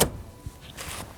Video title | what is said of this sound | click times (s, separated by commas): 2022 Audi SQ5 - Second Row Seats | make sure you hear the sound | 0.0 s